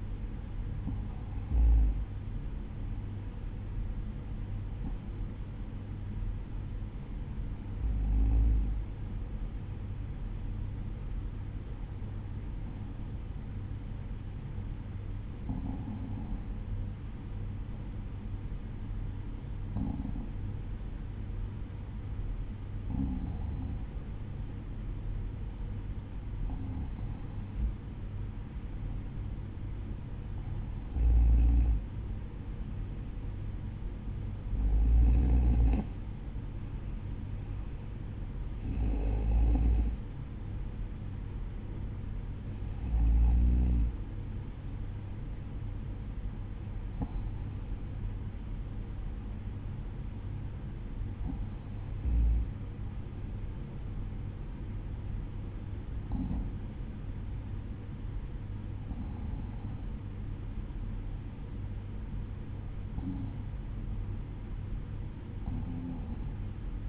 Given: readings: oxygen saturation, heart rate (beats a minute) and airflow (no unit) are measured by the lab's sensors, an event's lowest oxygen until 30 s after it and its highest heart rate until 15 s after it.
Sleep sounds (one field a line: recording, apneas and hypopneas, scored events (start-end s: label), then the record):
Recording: breathing in sleep by a smartphone at the bedside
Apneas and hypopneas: none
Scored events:
none scored
From the record:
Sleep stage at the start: N2 (light sleep)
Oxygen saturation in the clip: 93 to 95%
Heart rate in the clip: 52 to 54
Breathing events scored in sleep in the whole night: 305 in 9.6 hours asleep